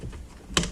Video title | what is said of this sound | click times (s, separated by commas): 2015-2019 Ford Transit Remote Start Kit | sure you give it a nice solid push make sure it clips in and seats all the way in properly | 0.6 s